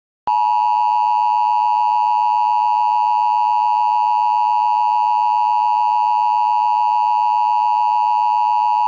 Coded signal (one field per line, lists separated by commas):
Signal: Emergency Alert System (SAME) tones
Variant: 853 and 960 Hz attention tone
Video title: This is sneak peek of new Collaboration EAS scenario with @kadendrawmaster312 and @AlesWorld240